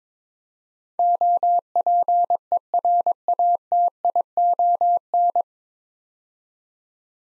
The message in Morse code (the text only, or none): OPERATION